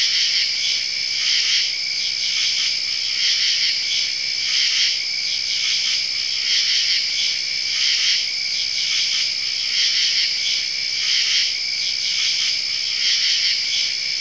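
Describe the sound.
Crickets chirping en masse in a continuous high trill, several pitch bands steady, faint pulses repeating roughly every second.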